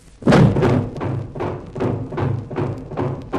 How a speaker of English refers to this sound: Hey, we're trapped! Steel shutters over all the doors and windows. Now, forgive me, gentlemen, I did not mean to alarm you. I had Robbie install those steel shutters before I realized how altogether safe I am here.